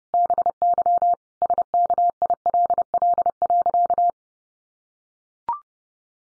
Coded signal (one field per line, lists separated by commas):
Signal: Morse code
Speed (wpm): 30 wpm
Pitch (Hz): 700 Hz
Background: none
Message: BY SKILL.